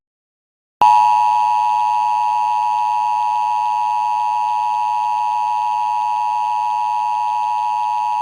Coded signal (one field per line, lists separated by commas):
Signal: Emergency Alert System (SAME) tones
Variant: 853 and 960 Hz attention tone